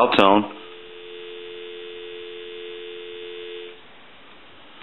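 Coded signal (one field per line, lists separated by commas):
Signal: telephone call progress tone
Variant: North America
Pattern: dial tone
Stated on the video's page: Call progress tone on a Takara French style rotary desk telephone under checkout and repair.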